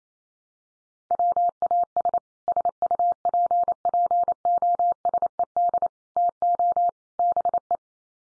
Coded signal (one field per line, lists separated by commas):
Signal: Morse code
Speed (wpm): 28 wpm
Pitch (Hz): 700 Hz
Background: none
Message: WAS SUPPOSED TO BE